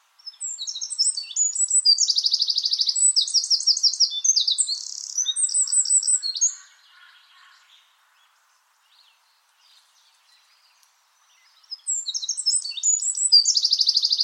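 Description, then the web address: Bird song, bright high chirps and rapid buzzy trilled phrases tumbling for several seconds, a pause with faint soft notes, then the quick trilling resumes. "cianscape birddata Deverinetal 2025"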